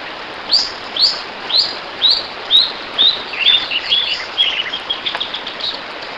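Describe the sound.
Bird calling with sharp, high, down-slurred notes about twice a second, then speeding into a quicker run of short chirps against a soft steady hiss.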